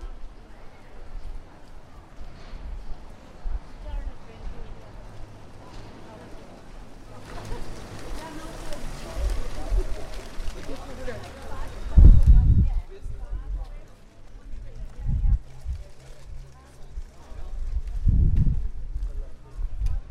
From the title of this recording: Prague walk from Castle to Charles bridge & both towers